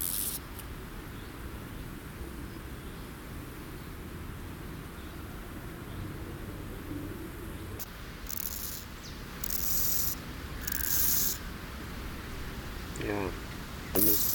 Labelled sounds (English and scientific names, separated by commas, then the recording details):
Steppe Grasshopper (Chorthippus dorsatus) stridulation
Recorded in the wild
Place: Eutin, Holsteinische Schweiz, Schleswig-Holstein, DE
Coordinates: 54.132, 10.614
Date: 1992-09-15 12:24
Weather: leicht windig, 18°C
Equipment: Marantz CP 430, Sennheiser ME 80, Kopie Tesla B 116
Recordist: Tembrock, Günter